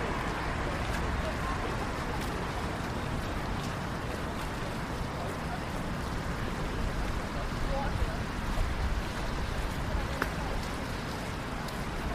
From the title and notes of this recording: Going For A Walk Downtown on A Rainy Night. Hear the cars, the murmurs of people and the light rain.